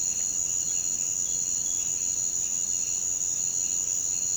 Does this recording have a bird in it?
no